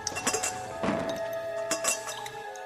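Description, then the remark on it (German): Water drips in a few irregular, bright plinks, each leaving a faint ringing tone that lingers beneath a soft hiss. The drops are fairly quiet and no one speaks. “Das ist nur tropfendes Wasser.”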